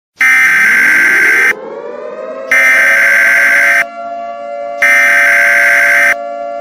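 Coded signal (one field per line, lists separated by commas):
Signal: Emergency Alert System (SAME) tones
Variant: header bursts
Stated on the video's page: Fictional EAS scenario of a tornado warning for the Bellingham, Washington and Abbotsford, BC area.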